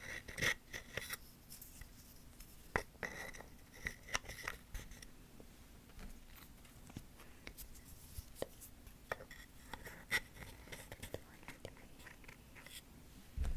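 Wooden and cork triggers are tapped and scratched, giving sharp dry clicks that come in irregular clusters, busiest in the first few seconds and again around eight to ten seconds. Soft scraping fills the gaps over a low steady hum.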